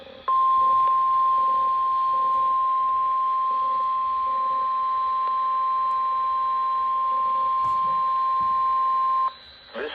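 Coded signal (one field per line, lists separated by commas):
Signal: Emergency Alert System (SAME) tones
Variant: 1050 Hz attention tone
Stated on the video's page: Required Weekly Test EAS alert from NOAA weather radio station WXL70.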